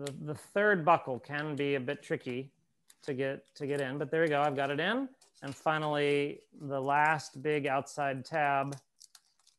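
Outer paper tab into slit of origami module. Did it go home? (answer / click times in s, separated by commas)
no / none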